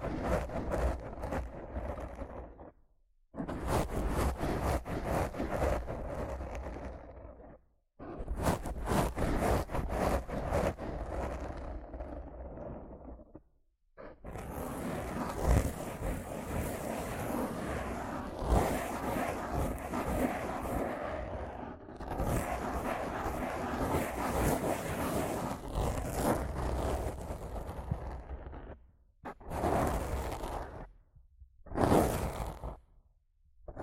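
Rough scratching and brushing on a microphone comes in dense, gritty bursts of several seconds, broken by short silent gaps, with one long stretch mid-clip.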